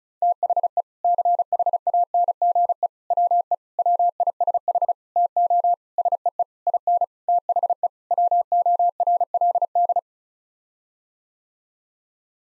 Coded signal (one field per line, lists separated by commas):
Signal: Morse code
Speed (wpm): 36 wpm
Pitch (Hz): 700 Hz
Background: none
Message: THE CHANGE WE WISH TO SEE IN THE WORLD